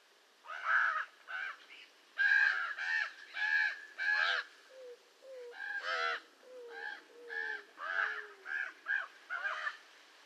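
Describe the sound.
Raven giving a rapid series of harsh, hoarse croaks in uneven bursts, with a few softer low whistled notes between them.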